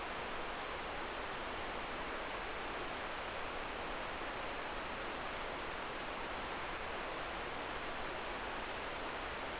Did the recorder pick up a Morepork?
no